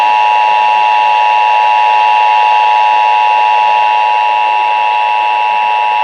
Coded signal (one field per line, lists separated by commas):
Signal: Emergency Alert System (SAME) tones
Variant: 853 and 960 Hz attention tone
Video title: First Illinois Required Monthly Test Of 2018! 01/02/2018 (EAS# 137-142)